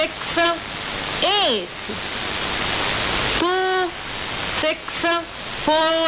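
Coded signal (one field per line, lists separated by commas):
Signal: numbers station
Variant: E25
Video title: E25 Number Station 16/08/2017 0745 UTC 6140kHz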